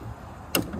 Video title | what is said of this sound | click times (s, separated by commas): @svicideneck Gets A New C230 Supercharged Drift Car | Locks in place, goes all the way up. | 0.6 s